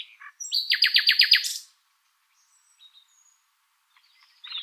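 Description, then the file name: Common nightingale song with a quick rhythmic burst of loud, sharp notes, followed by near silence and a brief new phrase at the end. "Luscinia megarhynchos"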